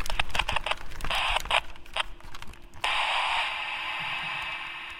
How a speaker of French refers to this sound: Zut, il y a de la friture. La poisse pile au moment où il révèle son secret. Je secoue l'engin dans tous les sens.